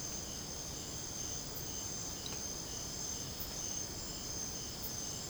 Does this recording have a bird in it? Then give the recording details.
no. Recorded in secondary vegetation near Puerto Asís, Putumayo, Colombia, on 20 December 2024 at 02:30. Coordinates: 0.489, -76.322. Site G059